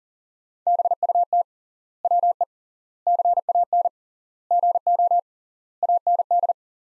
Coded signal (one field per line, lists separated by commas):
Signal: Morse code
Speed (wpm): 37 wpm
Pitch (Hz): 700 Hz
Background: none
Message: BUT WE CAN GO AND